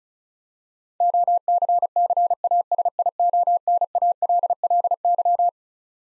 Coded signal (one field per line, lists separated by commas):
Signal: Morse code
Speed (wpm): 36 wpm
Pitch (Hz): 700 Hz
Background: none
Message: OCCASIONALLY